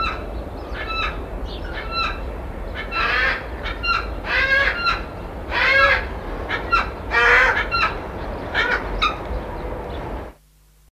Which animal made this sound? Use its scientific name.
Phalcoboenus australis